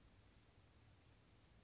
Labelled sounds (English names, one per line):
Oak Titmouse